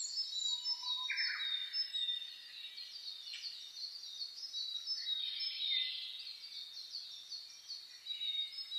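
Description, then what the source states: Dense chorus of birds, many high chirps and twittering phrases running together, with a brief low whistle early on. Dawn chorus recorded on 10 May 2010, at 04:01.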